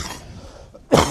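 A quiet pause ends in one sudden, loud cough from an adult man, a short harsh burst, which he puts down to something blooming lately that has been bothering him.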